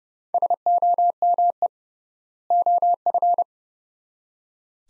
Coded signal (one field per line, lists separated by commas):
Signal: Morse code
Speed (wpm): 30 wpm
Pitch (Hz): 700 Hz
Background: none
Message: SOME OF